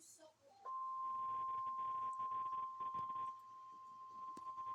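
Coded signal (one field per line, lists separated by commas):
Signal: Emergency Alert System (SAME) tones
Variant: 1050 Hz attention tone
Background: speech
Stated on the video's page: EAS alarm heard on a television.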